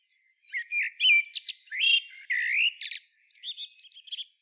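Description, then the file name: Common blackbird song: a lively run of slurred whistles mixed with sharp, high squeaky trills and chattering notes, lasting about four seconds. "Turdus merula"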